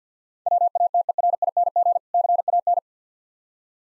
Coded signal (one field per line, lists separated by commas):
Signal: Morse code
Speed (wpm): 50 wpm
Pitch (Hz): 700 Hz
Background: none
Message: WATERING CAN